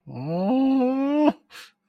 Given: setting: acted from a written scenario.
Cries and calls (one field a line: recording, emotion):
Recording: vocal sound without words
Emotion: elation